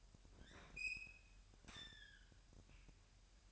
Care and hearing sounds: daily activity, microphone in the room; open fridge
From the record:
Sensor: 2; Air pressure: 1001.8 hPa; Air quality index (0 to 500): 249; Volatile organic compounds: 39 ppm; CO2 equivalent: 3133 ppm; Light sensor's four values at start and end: 8/28/11/10 and 8/28/11/10

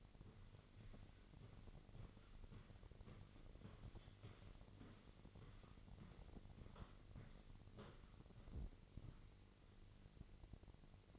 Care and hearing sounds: daily activity, microphone in the room; walk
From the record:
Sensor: 4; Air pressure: 1002.4 hPa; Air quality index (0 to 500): 217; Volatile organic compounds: 12 ppm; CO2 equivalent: 2352 ppm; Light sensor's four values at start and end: 21/72/26/26 and 21/72/26/26

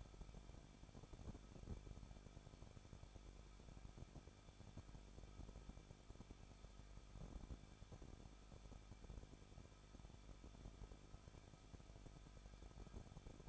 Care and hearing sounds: daily activity, microphone in the room; no activity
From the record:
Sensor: 5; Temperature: 20.9 degrees Celsius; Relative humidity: 38.2%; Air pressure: 1006.4 hPa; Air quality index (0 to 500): 187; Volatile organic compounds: 18 ppm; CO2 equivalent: 2625 ppm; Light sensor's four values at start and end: 2/3/1/1 and 2/3/1/1

